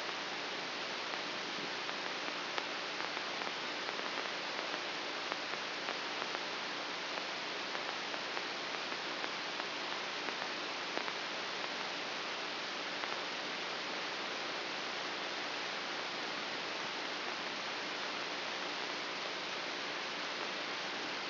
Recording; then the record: brain microelectrode recording played as sound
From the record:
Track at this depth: inside the subthalamic nucleus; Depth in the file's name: 2.004 mm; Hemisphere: left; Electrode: 2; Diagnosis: Parkinson's disease